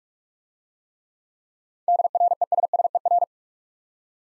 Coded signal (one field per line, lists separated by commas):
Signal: Morse code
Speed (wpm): 44 wpm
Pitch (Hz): 700 Hz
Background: none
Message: DRESSER